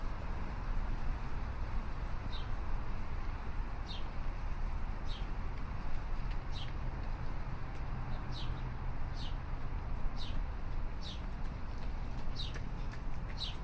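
A morning walk in downtown Chicago at sunrise, with a steady low city rumble of traffic filling the background throughout. Over it, a bird repeats short, bright chirps roughly once a second, fairly regular from start to finish.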